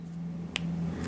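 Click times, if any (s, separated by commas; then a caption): 0.6 s. A L'Oreal Color Riche Intense Volume Matte lipstick bullet is rolled down into its slim twist-up case over a steady low hum. A single sharp click is heard at 0.6 s, showing the lipstick is fully retracted and securely inside, followed by a fainter tick near 1.0 s.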